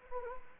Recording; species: mosquito wingbeat signal from an infrared sensor; Anopheles gambiae